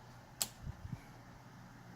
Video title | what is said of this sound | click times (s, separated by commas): HowTo: Traxxas Slash 2x4: Changing a Drive Shaft | There, it just snapped in. | 0.4 s